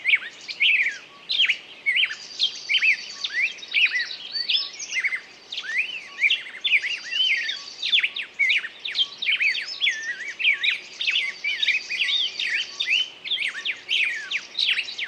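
Bird song, a lively nonstop stream of high twittering chirps, trills and quick slurred whistles, rising and falling in rapid bursts throughout.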